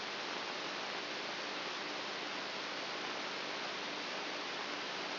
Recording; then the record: brain microelectrode recording played as sound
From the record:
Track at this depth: outside the subthalamic nucleus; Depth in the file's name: 7.7 mm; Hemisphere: right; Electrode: 2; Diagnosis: Parkinson's disease